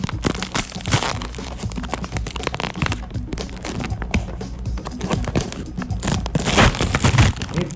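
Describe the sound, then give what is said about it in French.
A bag of Goldfish crackers is torn open and handled, with loud, continuous crinkling and crackling plastic sounds, dense sharp rustles throughout, and a burst of louder crunching near the end. “Boy, ça explose le sac, ça.”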